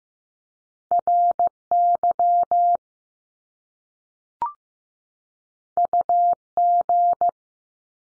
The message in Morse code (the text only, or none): R YU G